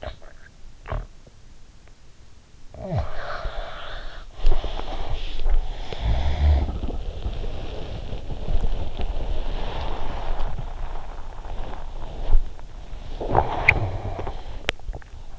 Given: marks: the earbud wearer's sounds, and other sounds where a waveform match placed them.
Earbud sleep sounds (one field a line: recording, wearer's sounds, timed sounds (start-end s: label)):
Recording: sounds in sleep by an in-ear microphone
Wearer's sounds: teeth grinding, snoring breath, body movement, swallowing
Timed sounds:
0.00-0.28 s: teeth grinding
0.83-1.09 s: teeth grinding
2.55-5.43 s: snoring breath
5.16-15.38 s: body movement
5.65-7.93 s: snoring breath
13.05-15.15 s: swallowing